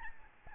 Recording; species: mosquito wingbeat signal from an infrared sensor; Aedes albopictus